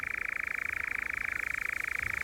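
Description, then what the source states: Nightjar churring: a steady, mechanical purring trill, rapidly pulsed and held without a break throughout. Wild bird heard at dusk on open heath of Brownsea Island, off England's southwest coast, during a night safari; mechanical-sounding call; camouflaged ground-nester.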